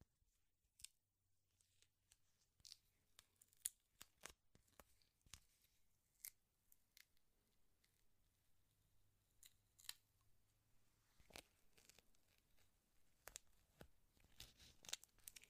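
Handling of a glass bottle, duct tape, a bag of safety pins and a seashell: sharp, bright clicks, taps and short tearing or crinkling bursts come irregularly throughout, growing busier toward the end. A faint low hum sits underneath in two stretches.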